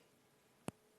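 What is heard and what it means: An anti-clog cap is pressed down onto a trimmed plastic craft bottle nozzle. A single short, sharp click sounds at 0.7 seconds against faint background noise, and the cap is seated shut.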